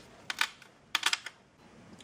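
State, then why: Seated. An MSI laptop's plastic bottom cover is gently squeezed along its edge so a row of clips snap into the chassis during an M.2 SSD upgrade. Sharp clicks land at about 0.3, 0.4, 1.0, 1.1 and 1.1 seconds, with a fainter tick near 1.3 s. The cover clips are heard seating into place.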